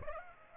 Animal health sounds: mosquito wingbeat signal from an infrared sensor; Aedes aegypti

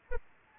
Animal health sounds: mosquito wingbeat signal from an infrared sensor; Anopheles arabiensis

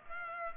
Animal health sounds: mosquito wingbeat signal from an infrared sensor; Culex pipiens

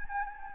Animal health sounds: mosquito wingbeat signal from an infrared sensor; Anopheles gambiae

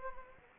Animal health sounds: mosquito wingbeat signal from an infrared sensor; Anopheles gambiae

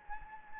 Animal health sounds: mosquito wingbeat signal from an infrared sensor; Anopheles gambiae

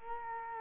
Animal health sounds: mosquito wingbeat signal from an infrared sensor; Culex quinquefasciatus

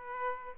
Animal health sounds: mosquito wingbeat signal from an infrared sensor; Aedes aegypti

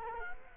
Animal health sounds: mosquito wingbeat signal from an infrared sensor; Culex quinquefasciatus

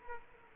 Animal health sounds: mosquito wingbeat signal from an infrared sensor; Culex quinquefasciatus

